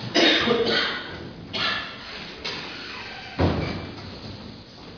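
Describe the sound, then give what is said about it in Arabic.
During a lecture, a door is closed to keep outside noise out, with a series of dull thuds and rattling knocks a few seconds apart, the last bump fairly loud, followed by quiet background hiss and no talking. “سك بقى اقفل بقى اقفل لنا الباب ده عشان تأتي لنا أصوات من الخارج.”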